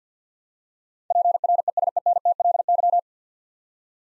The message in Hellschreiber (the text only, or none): none